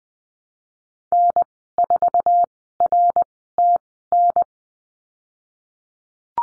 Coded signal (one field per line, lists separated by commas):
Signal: Morse code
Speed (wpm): 20 wpm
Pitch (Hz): 700 Hz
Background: none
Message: N4RTN